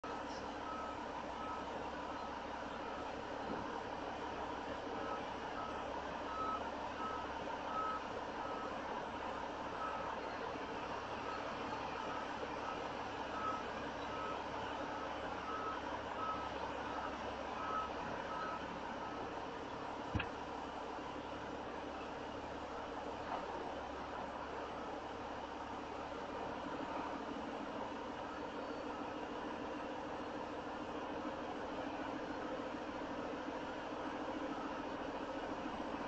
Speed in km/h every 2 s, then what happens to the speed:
0, 0, 0, 2, 2, 2, 2, 2, 2, 2, 2, 2, 2, 2, 3, 3, 3, 3.
0-26 standing. 26-36 steady at about 3.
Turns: none.